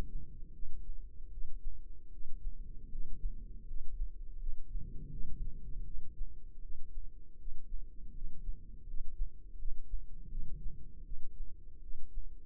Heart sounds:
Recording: heart sounds by microphone in the left ear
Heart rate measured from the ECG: 80 bpm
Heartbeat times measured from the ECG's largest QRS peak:
0.52 s: heartbeat
1.30 s: heartbeat
2.10 s: heartbeat
2.89 s: heartbeat
3.65 s: heartbeat
4.37 s: heartbeat
5.09 s: heartbeat
5.84 s: heartbeat
6.60 s: heartbeat
7.37 s: heartbeat
8.12 s: heartbeat
8.85 s: heartbeat
9.56 s: heartbeat
10.28 s: heartbeat
11.03 s: heartbeat
11.80 s: heartbeat
From the record:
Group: healthy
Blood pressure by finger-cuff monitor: 118/69 mmHg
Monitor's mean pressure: 86 mmHg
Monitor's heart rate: 80 bpm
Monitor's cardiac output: 8 L/min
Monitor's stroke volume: 98 mL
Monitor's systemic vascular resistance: 780 dyn s/cm5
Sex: male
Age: 33 years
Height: 179 cm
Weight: 80.4 kg

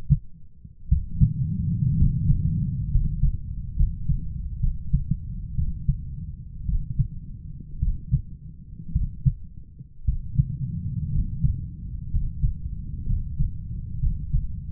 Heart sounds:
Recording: heart sounds by stethoscope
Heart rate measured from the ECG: 60 bpm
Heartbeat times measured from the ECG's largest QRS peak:
0.89 s: heartbeat
1.97 s: heartbeat
2.90 s: heartbeat
3.76 s: heartbeat
4.60 s: heartbeat
5.55 s: heartbeat
6.66 s: heartbeat
7.80 s: heartbeat
8.93 s: heartbeat
10.05 s: heartbeat
11.11 s: heartbeat
12.10 s: heartbeat
13.06 s: heartbeat
13.99 s: heartbeat
From the record:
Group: healthy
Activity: rest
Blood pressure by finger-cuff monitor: 130/74 mmHg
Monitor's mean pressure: 92 mmHg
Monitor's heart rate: 55 bpm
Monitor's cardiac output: 7.4 L/min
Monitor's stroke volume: 122 mL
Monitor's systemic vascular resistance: 930 dyn s/cm5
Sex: male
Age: 23 years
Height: 178 cm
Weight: 96.6 kg

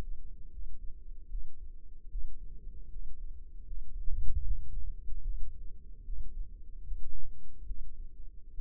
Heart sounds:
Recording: heart sounds by microphone in the left ear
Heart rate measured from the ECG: 75 bpm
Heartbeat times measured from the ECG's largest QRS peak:
0.50 s: heartbeat
1.28 s: heartbeat
2.08 s: heartbeat
2.89 s: heartbeat
3.64 s: heartbeat
4.41 s: heartbeat
5.21 s: heartbeat
6.03 s: heartbeat
6.82 s: heartbeat
7.64 s: heartbeat
8.53 s: heartbeat
From the record:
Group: healthy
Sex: male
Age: 35 years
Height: 178 cm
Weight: 64 kg

